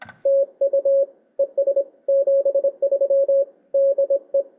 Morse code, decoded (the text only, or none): TU ES 73 DE